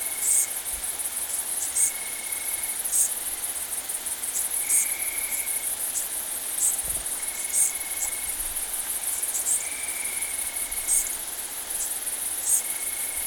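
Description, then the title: Bush crickets and tree crickets singing together: a continuous shrill buzz with bright accents every second or two, overlaid by steady tonal trills lasting one to two seconds. Mixed chorus of bush crickets, Italian tree crickets and great green bush-crickets recorded at Saignon, Vaucluse, France, in September 2000. "Sylvain Jaskowiak - Animus. Decticelles, grillons d'Italie, grandes sauterelles vertes - Saignon, Vaucluse - septembre 2000"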